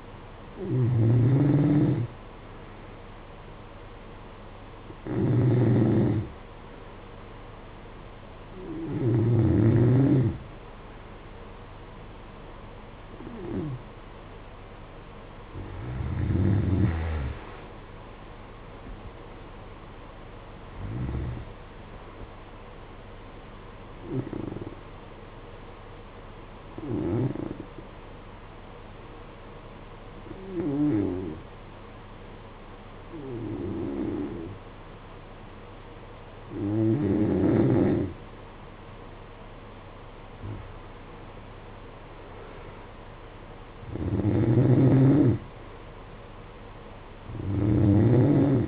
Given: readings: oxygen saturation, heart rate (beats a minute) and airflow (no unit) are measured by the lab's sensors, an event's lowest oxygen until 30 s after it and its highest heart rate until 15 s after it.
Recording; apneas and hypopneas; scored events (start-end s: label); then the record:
breathing in sleep by a voice recorder at the bedside; 1
24.00-40.50 s: hypopnea (N3, oxygen 93% highest, then 89% lowest, heart rate 70 at the start, 70 highest)
33.00-48.68 s: new sleep stage, N2 (light sleep)
From the record:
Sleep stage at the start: N3 (deep sleep); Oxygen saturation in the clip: 92 to 94%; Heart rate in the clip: 53 to 71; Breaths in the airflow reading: 10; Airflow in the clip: -14.4 to 22.3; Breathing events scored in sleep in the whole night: 476 in 9.7 hours asleep